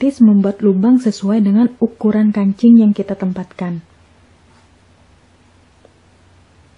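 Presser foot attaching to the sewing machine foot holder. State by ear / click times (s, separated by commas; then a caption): not seated / none. A buttonhole presser foot is being handled at the foot holder of a Brother GS2700 sewing machine while someone talks for about the first four seconds. Near-silence follows, with only a faint tick around 5.9 s, and nothing has seated or clicked yet.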